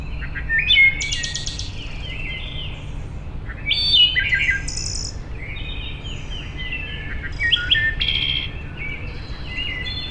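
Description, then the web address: Wood thrush song: flutey phrases with high trills, repeated several times, with other birds chirping softly and a low hum beneath. Recorded 6 May 2007. "Wood Thrush 2007 05 06"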